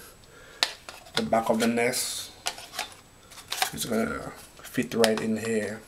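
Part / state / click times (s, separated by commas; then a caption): thermostat wire into base push-in terminal / not seated / none. Someone handles the back of a Nest thermostat base, fitting it in place and working a thermostat wire toward the base's push-in terminal, while they talk. Short, sharp handling knocks come through, including a strong one near 0.6 s and others around 2.5 and 3.5 s. Nothing has seated or clicked yet; the part is not yet home when the clip ends.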